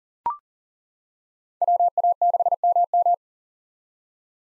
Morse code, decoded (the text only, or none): WA6MM